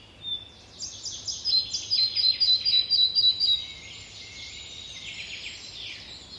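Red-breasted flycatcher song: a short lead-in note, then a rhythmic run of high, clear repeated notes, followed by softer notes.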